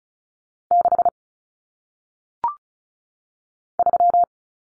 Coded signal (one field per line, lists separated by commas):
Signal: Morse code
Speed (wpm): 36 wpm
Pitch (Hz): 700 Hz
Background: none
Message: 6 3